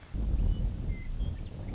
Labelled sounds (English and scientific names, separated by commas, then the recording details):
Western Meadowlark (Sturnella neglecta)
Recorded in Sonoma County, California